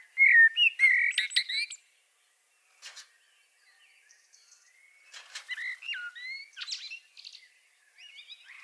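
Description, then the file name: Common blackbird opening with a loud fluty warbled phrase and high twitters, followed by quieter whistled notes and scratchy twitters. "Turdus merula"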